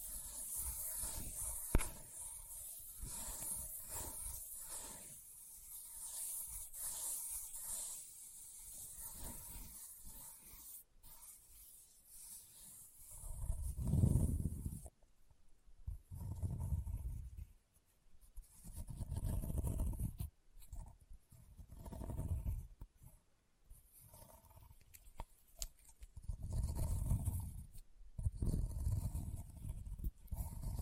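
Leather being tapped and scratched, with dense, irregular scraping and rubbing through the first half and small sharp taps scattered throughout. Later the sound turns into slower, heavier rubbing strokes with low thuds near 14 and 27 seconds, separated by brief quiet gaps.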